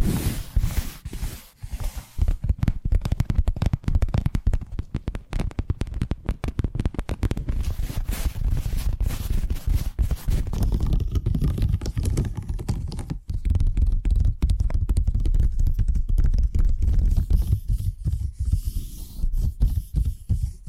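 Dense, fast tapping runs continuously with a heavy low thud under it, briefly thinning near thirteen seconds before resuming just as busy.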